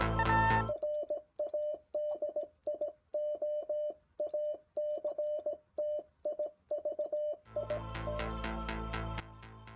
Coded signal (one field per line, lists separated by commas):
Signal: Morse code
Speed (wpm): 18 wpm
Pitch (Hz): 600 Hz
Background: music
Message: RADIOACTIVIT